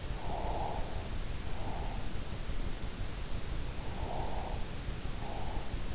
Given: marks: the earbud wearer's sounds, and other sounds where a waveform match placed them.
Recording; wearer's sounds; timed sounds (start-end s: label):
sounds in sleep by an in-ear microphone; breath
0.18-1.89 s: breath
4.07-5.49 s: breath